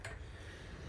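The latch on the second cabana door of a Sun Princess cabana mini suite (cabin 9350) releases as the handle is turned and the door pushed, giving a short, sharp tick at 0.1 s (0.05 s). A steady low rumble continues underneath, and the latch is confirmed open.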